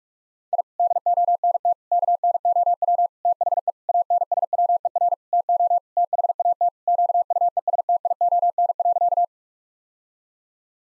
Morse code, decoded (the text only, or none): I DONT KNOW THE ANSWER TO THAT QUESTION.